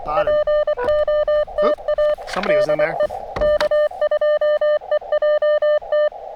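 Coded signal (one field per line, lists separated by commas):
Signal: Morse code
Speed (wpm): 25 wpm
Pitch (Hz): 600 Hz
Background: speech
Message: POTA DE K2EJT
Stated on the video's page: Parks On The Air activation from a state park with decent band conditions but heavy QRN from nearby storms.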